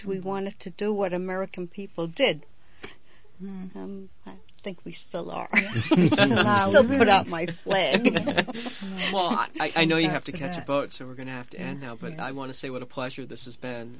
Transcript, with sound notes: We wanted to do what American people did, and I think we still are. ( they laugh )
Once in a while I'll put out my flag.
Well, I know you have to catch a boat, so we're going to have to end now, but I want to say what a pleasure it has been.